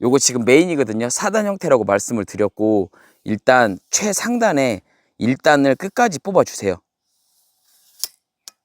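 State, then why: Seated. Someone talks, then the top section of a four-section duralumin sliding tarp pole is pulled fully out and locks into the next section, heard as two sharp clicks at 8.0 s and 8.5 s. The section is firmly fixed in place.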